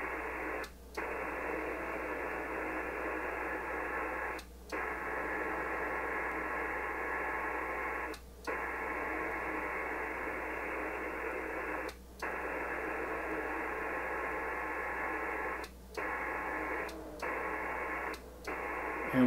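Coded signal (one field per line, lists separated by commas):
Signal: HF data modem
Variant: PACTOR-III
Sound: steady dense hiss-like data roar with brief regular dropouts about every four seconds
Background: radio static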